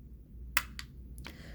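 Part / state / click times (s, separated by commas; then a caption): cartridge door of a handheld inkjet printer, closing over the ink cartridge / seated / 0.6 s. On a speed-i-Jet 798 handheld inkjet printer, the hinged plastic cartridge door is swung shut over the newly inserted ink cartridge and pushed down. It gives a sharp click at 0.6 s, followed by fainter clicks near 0.8 s, 1.2 s and 1.3 s over a low hum. The door clicks into place, seated over the cartridge.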